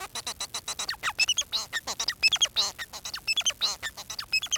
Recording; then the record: song of a male Bengalese finch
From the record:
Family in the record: son of father 4